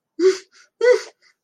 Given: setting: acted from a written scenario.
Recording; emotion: vocal sound without words; distress